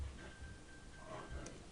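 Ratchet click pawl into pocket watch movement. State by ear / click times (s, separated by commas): not seated / none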